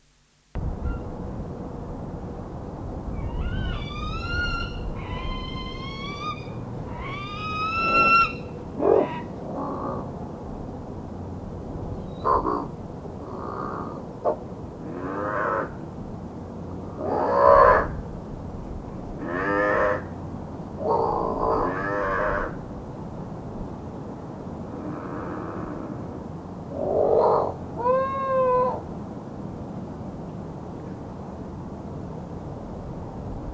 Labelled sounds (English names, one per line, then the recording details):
Rufous-legged Owl call
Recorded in captivity
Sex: diverse
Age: adult
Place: Vogelpark Bad Schwartau, Schleswig-Holstein, DE
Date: 1982-12-02
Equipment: Halbspur, 9,5 cm/s
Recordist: Lütgens, Hans